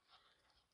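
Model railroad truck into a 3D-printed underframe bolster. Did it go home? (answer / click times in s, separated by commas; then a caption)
no / none. A Bowser model railroad truck is being pushed one-handed into the snap-fit bolster of a 3D-printed plastic underframe, producing only faint, soft handling and rubbing noise with a breathy, hiss-like texture. Nothing has seated or clicked yet; the clip ends just before the truck snaps home.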